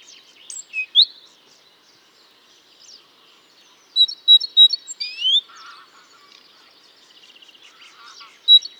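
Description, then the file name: Great tit giving high chipping notes and rising slurs, one clear bout of a few notes with a sweeping end, mixed with softer twittering. "Parus major"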